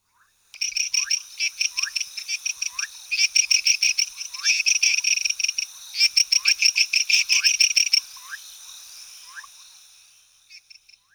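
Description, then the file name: Amphibians calling: rapid, sharp pulsed trills in bursts lasting a few seconds, with faint rising chirps repeating beneath, then fading into quiet near the end. Amphibians recorded in Tortuguero National Park. "Amphibiens - Amphibians"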